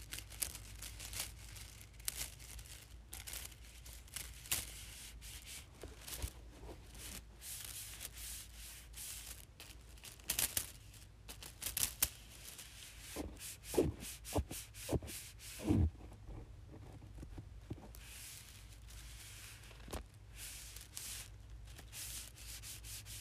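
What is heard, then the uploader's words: Small straws are rubbed together in a steady, dense scratching that runs the whole time. Quick, bright rasps and little clicks come irregularly, several each second, with a few sharper snaps near the middle and a low hum underneath. Rubbing Small Straws Together.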